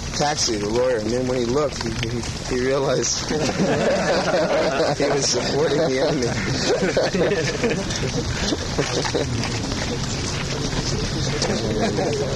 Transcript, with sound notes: taxi, the lawyer, and then when he looked he realized [laughter] he was supporting the enemy.